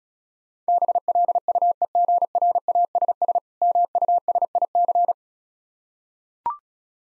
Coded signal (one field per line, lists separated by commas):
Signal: Morse code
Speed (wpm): 36 wpm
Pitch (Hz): 700 Hz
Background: none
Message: BLUEGRASS MUSIC